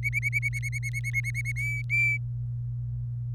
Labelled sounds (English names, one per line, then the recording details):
Domestic Canary song
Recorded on 24 April 2018 at 18:16
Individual llb3